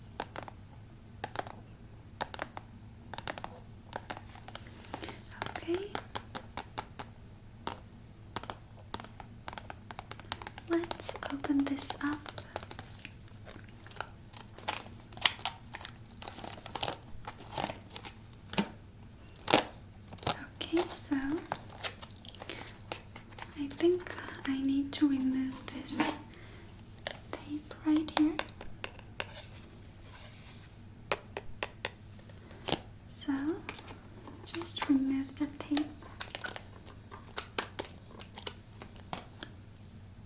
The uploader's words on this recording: ASMR Sweet Macaron Triggers.